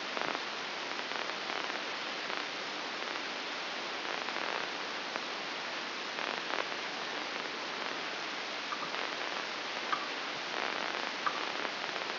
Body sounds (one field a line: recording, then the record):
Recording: brain microelectrode recording played as sound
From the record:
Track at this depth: outside the subthalamic nucleus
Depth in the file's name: 7.26 mm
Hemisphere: left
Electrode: 2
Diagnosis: Parkinson's disease